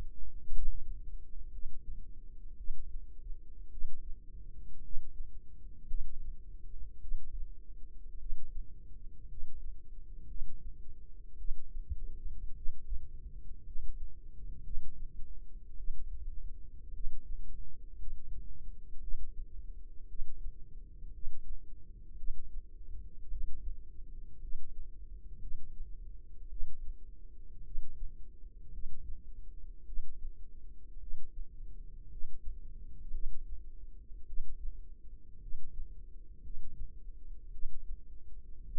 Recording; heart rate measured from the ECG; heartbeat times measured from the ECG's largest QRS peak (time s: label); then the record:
heart sounds by microphone in the left ear; 55 bpm
0.52 s: heartbeat
1.50 s: heartbeat
2.55 s: heartbeat
3.69 s: heartbeat
4.81 s: heartbeat
5.86 s: heartbeat
6.99 s: heartbeat
8.17 s: heartbeat
9.27 s: heartbeat
10.26 s: heartbeat
11.36 s: heartbeat
12.53 s: heartbeat
13.63 s: heartbeat
14.62 s: heartbeat
15.75 s: heartbeat
16.91 s: heartbeat
17.96 s: heartbeat
18.99 s: heartbeat
20.06 s: heartbeat
21.11 s: heartbeat
22.15 s: heartbeat
23.28 s: heartbeat
24.39 s: heartbeat
25.39 s: heartbeat
26.48 s: heartbeat
27.63 s: heartbeat
28.70 s: heartbeat
29.84 s: heartbeat
30.98 s: heartbeat
32.08 s: heartbeat
33.10 s: heartbeat
34.25 s: heartbeat
35.39 s: heartbeat
36.41 s: heartbeat
37.50 s: heartbeat
38.63 s: heartbeat
From the record:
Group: healthy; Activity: rest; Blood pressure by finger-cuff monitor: 92/60 mmHg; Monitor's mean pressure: 69 mmHg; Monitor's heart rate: 55 bpm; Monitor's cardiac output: 4.3 L/min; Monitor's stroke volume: 78 mL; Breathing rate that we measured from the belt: 15 breaths a minute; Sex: female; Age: 36 years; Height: 163 cm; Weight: 88 kg